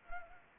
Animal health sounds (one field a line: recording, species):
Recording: mosquito wingbeat signal from an infrared sensor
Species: Anopheles arabiensis